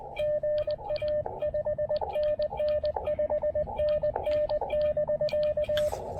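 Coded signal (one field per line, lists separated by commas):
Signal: Morse code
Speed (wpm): 19 wpm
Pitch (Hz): 600 Hz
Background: music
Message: GA 5NN 5NN <BK>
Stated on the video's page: POTA CW activation at 0.1 watts with an EFHW antenna and KX2, on 20, 17 and 40 meters.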